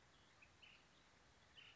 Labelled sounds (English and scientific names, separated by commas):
Ash-throated Flycatcher (Myiarchus cinerascens)